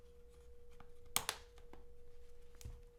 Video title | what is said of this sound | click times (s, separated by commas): Samsung Galaxy S20 Case Lineup by Supcase - Follow up Video | Make sure it clicks in. | 1.2 s, 1.3 s